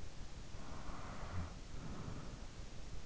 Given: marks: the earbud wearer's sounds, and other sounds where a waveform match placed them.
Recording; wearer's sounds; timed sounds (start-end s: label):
sounds in sleep by an in-ear microphone; breath
0.08-3.00 s: breath